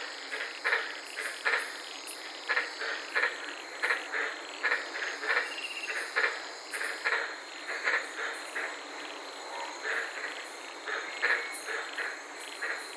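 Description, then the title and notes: White-lipped tree frogs give clipped, repeated barks at irregular, quick intervals against a constant insect drone. Frogs calling at night in the Daintree rainforest, Queensland, heard from a car. "I was sitting in my car in the Daintree rainforest in Queensland this night and fell asleep listening to these amazing White lipped frogs."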